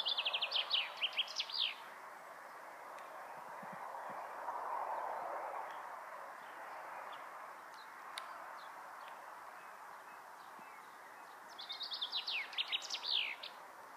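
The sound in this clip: Bird song in two short phrases of quick, falling high notes, one at the start and one near the end, with a steady rushing background between them.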